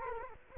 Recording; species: mosquito wingbeat signal from an infrared sensor; Culex quinquefasciatus